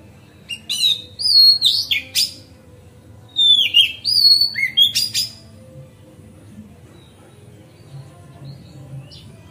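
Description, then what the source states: Oriental magpie-robin singing two lively phrases of slurred, falling whistles mixed with crisp notes, separated by a brief pause, followed by several seconds of near silence. Master song for tutoring other birds, terrace style.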